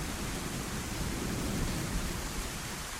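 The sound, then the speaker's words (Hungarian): Steady rain falling, heard as a continuous, even hiss that covers the whole spectrum and holds a constant level throughout, with no voices or distinct drops standing out. “Ami nyilván így az átkozott esőben egy picit nehezebb lesz.”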